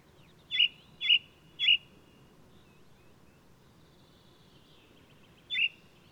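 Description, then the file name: Ring ouzel giving three evenly spaced, ringing piped notes, a long silence, then a single matching note. Singing male of the alpine subspecies alpestris, recorded 22 May 2018 at Důl Bílého Labe in the Krkonoše mountains, Czech Republic. "180522 BIO rouz-alpestris-1-M-S cz dul-bileho-labe"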